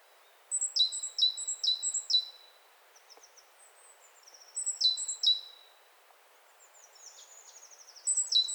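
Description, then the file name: Great tit singing bright two-part phrases in quick runs of two to four, separated by short pauses, with a few faint thin notes between runs. "Parus major"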